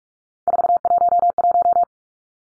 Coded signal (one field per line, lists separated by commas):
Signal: Morse code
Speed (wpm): 44 wpm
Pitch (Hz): 700 Hz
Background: none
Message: 411